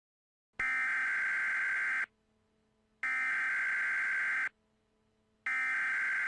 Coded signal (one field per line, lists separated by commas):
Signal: Emergency Alert System (SAME) tones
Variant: header bursts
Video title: EAS Scenario #4 Flying Butts